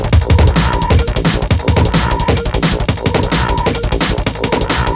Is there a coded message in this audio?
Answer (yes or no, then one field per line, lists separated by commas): no